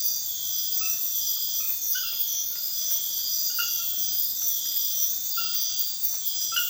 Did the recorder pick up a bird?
no